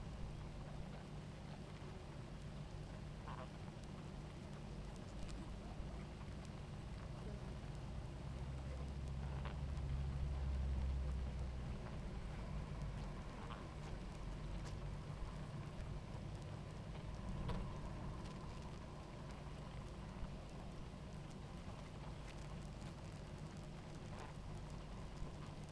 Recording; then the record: honeybee colony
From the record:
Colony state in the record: active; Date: 28 July 2017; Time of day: 18:02